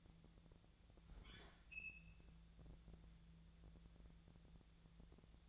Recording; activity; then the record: daily activity, microphone in the room; open fridge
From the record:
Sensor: 3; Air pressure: 1000.0 hPa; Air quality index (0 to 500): 129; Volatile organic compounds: 2 ppm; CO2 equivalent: 1154 ppm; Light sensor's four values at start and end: 43/110/47/51 and 43/110/47/51